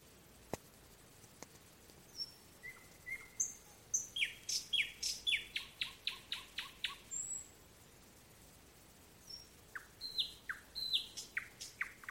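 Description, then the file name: Nightingale song: soft whistled notes build into a rapid run of loud repeated pulses, then silence before another burst of quick descending notes. "solovej - solovei"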